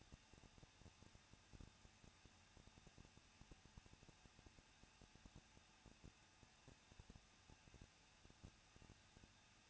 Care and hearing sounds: daily activity, microphone in the room; no activity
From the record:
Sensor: 2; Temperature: 21.0 degrees Celsius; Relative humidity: 37.3%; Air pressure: 1006.3 hPa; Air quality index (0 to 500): 221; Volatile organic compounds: 23 ppm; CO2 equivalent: 2792 ppm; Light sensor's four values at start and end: 2/3/2/2 and 2/3/2/2

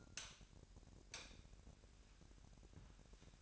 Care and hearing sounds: daily activity, microphone in the room; light off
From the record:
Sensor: 2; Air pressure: 1011.8 hPa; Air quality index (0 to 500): 218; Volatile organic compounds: 3 ppm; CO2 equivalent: 1532 ppm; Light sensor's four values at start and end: 16/42/17/17 and 11/25/11/11

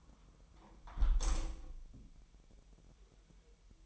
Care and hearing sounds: daily activity, microphone in the room; close window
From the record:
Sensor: 1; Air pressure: 1000.3 hPa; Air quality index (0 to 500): 245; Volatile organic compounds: 135 ppm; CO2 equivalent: 3954 ppm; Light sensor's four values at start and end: 11/27/11/12 and 11/26/10/11

